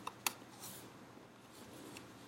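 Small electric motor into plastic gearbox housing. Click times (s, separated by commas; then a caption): 0.1 s, 0.3 s. A small DC motor is pushed into the plastic housing of a Tamiya twin-motor double gearbox model. Two sharp clicks at 0.1 s and 0.3 s mark the motor snapping into place, followed by faint handling noise and a softer tick near 2.0 s. The motor is seated.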